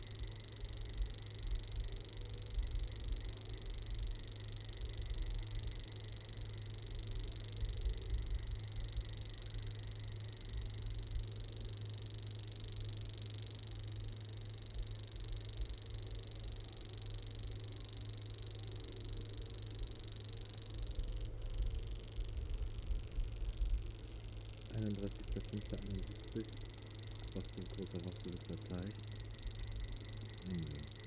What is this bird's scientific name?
Locustella luscinioides